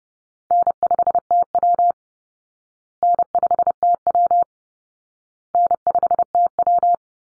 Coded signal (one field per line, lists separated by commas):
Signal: Morse code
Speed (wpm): 30 wpm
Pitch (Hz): 700 Hz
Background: none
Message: N5TW N5TW N5TW